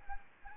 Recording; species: mosquito wingbeat signal from an infrared sensor; Anopheles gambiae